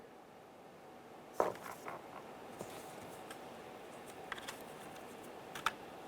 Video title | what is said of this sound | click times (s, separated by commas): How to Replace Front Interior Door Handle 2005-2010 Chevy Cobalt | give it a little click give them a tug as you go | 1.4 s, 5.7 s